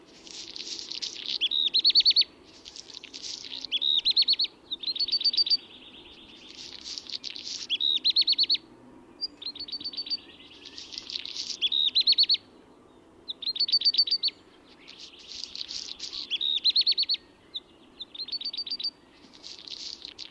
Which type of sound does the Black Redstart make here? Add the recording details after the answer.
song. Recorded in the wild. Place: Oberstdorf, Bayern, DE. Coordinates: 47.41, 10.2797. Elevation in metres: 809. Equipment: Nagra IV, Sennheiser MKH 405, Parabolreflektor. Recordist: Tretzel, Erwin